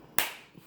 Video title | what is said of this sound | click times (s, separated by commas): iPhone 7 Plus Speck Gemshell Case Review! | it's on I really had to force to get it off you hear that snap once it's on it's on | 0.2 s